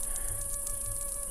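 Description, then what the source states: Cicada song, a continuous shrill whine with no pauses, over a low hum and a faint steady tone. Recorded July 2008.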